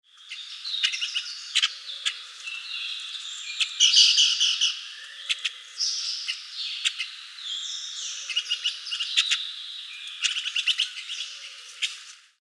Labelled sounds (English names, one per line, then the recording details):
Silver-eared Mesia
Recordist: Tembrock, Günter
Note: Rufe einer Gruppe